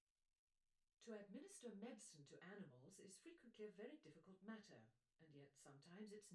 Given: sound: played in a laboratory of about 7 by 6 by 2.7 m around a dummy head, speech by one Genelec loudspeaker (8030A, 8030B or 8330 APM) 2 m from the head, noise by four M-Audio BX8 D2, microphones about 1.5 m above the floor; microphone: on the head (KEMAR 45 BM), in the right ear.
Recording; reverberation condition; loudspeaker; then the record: female speech in English; low; 60 degrees to the left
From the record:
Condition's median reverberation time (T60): about 310 ms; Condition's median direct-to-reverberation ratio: about 3.5 dB